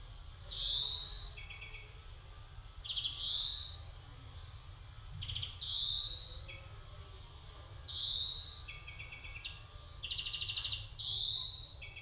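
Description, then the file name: European greenfinch singing wheezy upslurred buzzes, each followed by short rattled trill notes, repeated about every two and a half seconds against a quiet background. "Chloris chloris"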